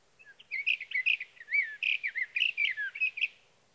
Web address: songs Sage Thrasher